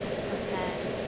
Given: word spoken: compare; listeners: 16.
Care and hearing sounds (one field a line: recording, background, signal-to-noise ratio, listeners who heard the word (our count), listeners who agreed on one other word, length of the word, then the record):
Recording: one English word in noise, from a listening test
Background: speech-shaped noise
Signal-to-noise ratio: -6.3 dB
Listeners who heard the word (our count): 0 of 16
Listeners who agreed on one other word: 14 of 16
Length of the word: 0.68 s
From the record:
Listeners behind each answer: 14, 1, 1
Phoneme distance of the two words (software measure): 30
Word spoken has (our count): 2 syllables, 5 phonemes, stress on syllable 2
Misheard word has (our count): 2 syllables, 5 phonemes, stress on syllable 2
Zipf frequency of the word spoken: 4.23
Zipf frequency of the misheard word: 4.48